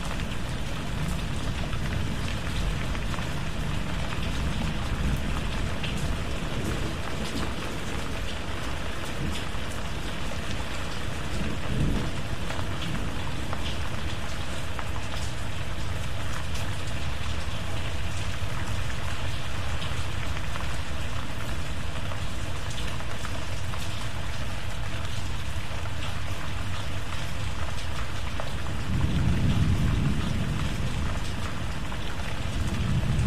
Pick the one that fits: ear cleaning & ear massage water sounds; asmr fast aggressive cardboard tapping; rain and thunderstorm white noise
rain and thunderstorm white noise